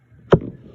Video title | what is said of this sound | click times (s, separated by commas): An amazing awesome talking Digital book player the book port desktop | there's the click now it's locked into place and when if | 0.3 s